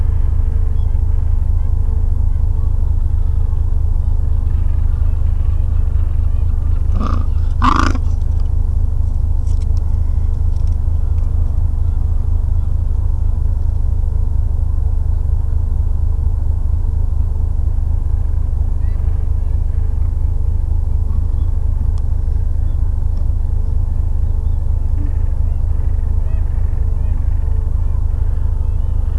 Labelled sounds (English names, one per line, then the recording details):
Gentoo Penguin
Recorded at the colony at Pleneau Island, Antarctica, on 3 January 2015
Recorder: Song Meter SM2+